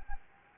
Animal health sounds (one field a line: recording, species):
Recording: mosquito wingbeat signal from an infrared sensor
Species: Anopheles gambiae